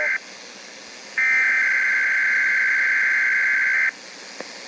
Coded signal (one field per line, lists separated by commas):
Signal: Emergency Alert System (SAME) tones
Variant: header bursts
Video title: backlog cleanup | (EAS #1430 - 1477)